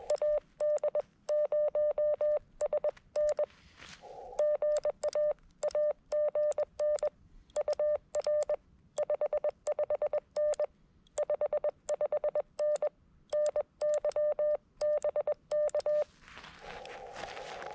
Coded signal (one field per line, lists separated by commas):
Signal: Morse code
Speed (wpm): 21 wpm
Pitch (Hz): 600 Hz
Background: none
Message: AD0SN GA AGN UR 55N 55N NY BK